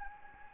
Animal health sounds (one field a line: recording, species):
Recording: mosquito wingbeat signal from an infrared sensor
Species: Anopheles gambiae